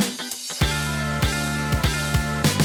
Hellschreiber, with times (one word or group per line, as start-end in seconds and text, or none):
none